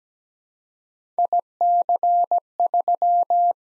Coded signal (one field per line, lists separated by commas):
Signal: Morse code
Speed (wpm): 17 wpm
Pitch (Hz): 700 Hz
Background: none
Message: IC3